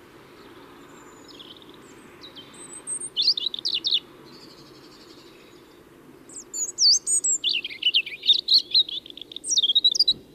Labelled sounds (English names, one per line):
European Robin song